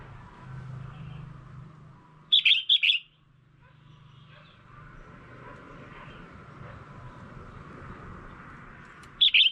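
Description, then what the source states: Red-whiskered bulbul uttering two clustered chirping phrases separated by several seconds of steady humming noise. Female bird.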